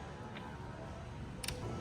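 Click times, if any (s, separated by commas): 1.4 s, 1.5 s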